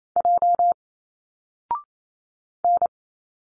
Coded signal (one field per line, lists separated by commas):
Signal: Morse code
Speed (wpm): 28 wpm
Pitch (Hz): 700 Hz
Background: none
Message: J N